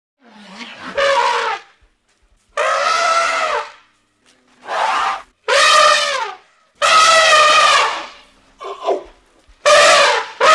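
Elephant trumpeting: several loud, brassy blasts with rich harmonics, separated by short silences.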